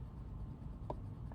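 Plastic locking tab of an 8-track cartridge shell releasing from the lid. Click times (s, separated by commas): 0.9 s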